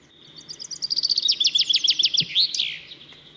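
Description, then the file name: Common chaffinch song, an accelerating cascade of clear notes falling into a trill and finishing with a flourish; a brief low knock is heard midway. "Fringilla coelebs"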